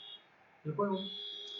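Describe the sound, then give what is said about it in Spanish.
A car alarm's steady, shrill electronic tone runs throughout outside a studio, joined partway by a louder, lower blaring honk of the car's horn that holds for about half a second. “Como pueden ver, hay una persona bastante insensata fuera de nuestro estudio. Y se escucha su claxon y su alarma de poder.”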